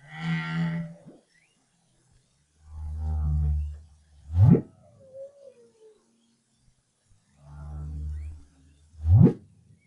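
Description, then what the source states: Humpback whale singing a repeating phrase: harmonic moan, deep grunt and fast upsweep, the pattern returning roughly every four to five seconds, with a faint wavering whistle between. Song recorded in 2011 as part of the BRAHSS project.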